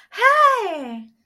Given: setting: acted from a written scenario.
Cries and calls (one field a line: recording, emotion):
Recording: vocal sound without words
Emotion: positive surprise